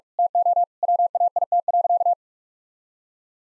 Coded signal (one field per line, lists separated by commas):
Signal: Morse code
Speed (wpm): 46 wpm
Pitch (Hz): 700 Hz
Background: none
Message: TO WAIT.